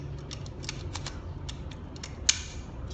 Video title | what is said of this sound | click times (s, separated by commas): E&C 855 ບີບີກັນລາວ | ได้มันเข้าล็อกแล้วก็หันแน่นเลยเนาะ | 2.3 s